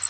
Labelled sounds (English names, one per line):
Bay-breasted Warbler flight call